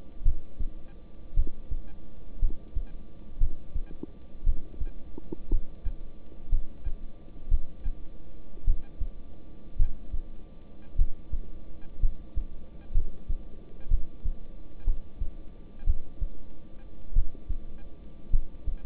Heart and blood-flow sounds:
heart sounds by stethoscope; between the tricuspid and mitral areas; 56 bpm
0.23 s: heartbeat
1.34 s: heartbeat
2.40 s: heartbeat
3.38 s: heartbeat
4.44 s: heartbeat
5.50 s: heartbeat
6.50 s: heartbeat
7.49 s: heartbeat
8.65 s: heartbeat
9.77 s: heartbeat
10.96 s: heartbeat
12.00 s: heartbeat
12.92 s: heartbeat
13.89 s: heartbeat
14.85 s: heartbeat
15.85 s: heartbeat
17.13 s: heartbeat
18.30 s: heartbeat
From the record:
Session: rest, lying down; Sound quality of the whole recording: good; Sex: male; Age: 26 years

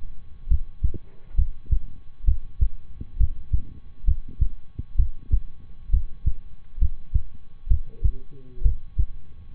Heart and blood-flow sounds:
heart sounds by stethoscope; between the tricuspid and mitral areas; 66 bpm
0.47 s: heartbeat
1.34 s: heartbeat
2.24 s: heartbeat
3.16 s: heartbeat
4.04 s: heartbeat
4.95 s: heartbeat
5.89 s: heartbeat
6.78 s: heartbeat
7.67 s: heartbeat
8.61 s: heartbeat
9.54 s: heartbeat
From the record:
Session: rest, lying down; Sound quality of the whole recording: good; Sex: male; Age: 23 years

